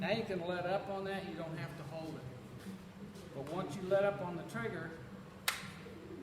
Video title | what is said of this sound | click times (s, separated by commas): U2L10 Circular Saw | hear that click? That means you can't start it again. | 5.5 s